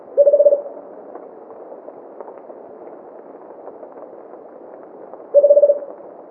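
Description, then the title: Rufous-capped motmot giving low, pulsed hooting calls, one at the start and another about five seconds later, over faint background rustle. "LuckyPassaro. Rufous-capped Motmot (Baryphthengus ruficapillus)"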